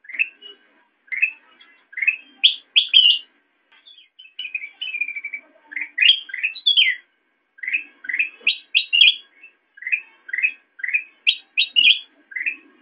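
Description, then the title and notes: Sooty-headed bulbul chirping steadily, rising notes strung into short bubbly phrases, with a brief trilled run and a few higher accented notes. Intended as masteran, training audio for songbirds. "suara burung kutilang buat masteran"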